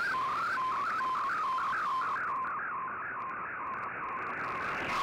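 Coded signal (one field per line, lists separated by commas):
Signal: multi-tone FSK (Olivia or MFSK type)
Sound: rapidly stepping warbling tone, melodic hopping around one pitch region, over hiss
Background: radio static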